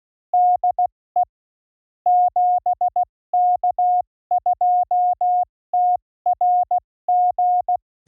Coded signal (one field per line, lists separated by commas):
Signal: Morse code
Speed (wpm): 16 wpm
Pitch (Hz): 720 Hz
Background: none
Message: DE 7K2TRG